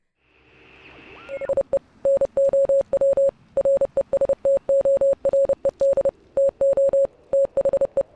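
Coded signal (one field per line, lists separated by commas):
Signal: Morse code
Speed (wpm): 30 wpm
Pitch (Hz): 550 Hz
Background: none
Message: IE NOW RESTORED TO THE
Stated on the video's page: From Oxenfree gameplay.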